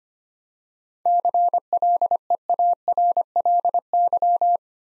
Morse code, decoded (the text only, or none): CLEARLY